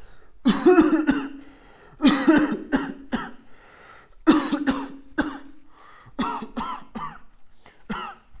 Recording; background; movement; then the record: voluntary coughing; quiet; sitting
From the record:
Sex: male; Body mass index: 21.0 kg/m2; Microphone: on the chest, facing outward